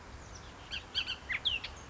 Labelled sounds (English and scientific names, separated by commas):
Bullock's Oriole (Icterus bullockii)